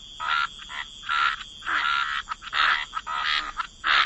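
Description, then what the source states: Croaking frogs in separate grating bursts with quiet gaps between, plus a soft steady high-pitched tone behind them. Frog chorus.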